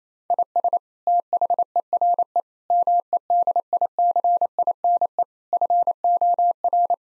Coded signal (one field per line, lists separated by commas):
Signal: Morse code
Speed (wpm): 28 wpm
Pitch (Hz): 700 Hz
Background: none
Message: IS THERE MEDICINE FOR